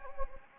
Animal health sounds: mosquito wingbeat signal from an infrared sensor; Anopheles gambiae

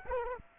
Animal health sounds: mosquito wingbeat signal from an infrared sensor; Aedes aegypti

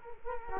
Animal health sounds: mosquito wingbeat signal from an infrared sensor; Culex quinquefasciatus

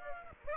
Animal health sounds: mosquito wingbeat signal from an infrared sensor; Aedes aegypti

